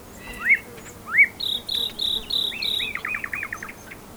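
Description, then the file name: Common nightingale song: two loud rising whistles, then a run of high repeated notes and a quick rattle-like trill. "Luscinia megarhynchos"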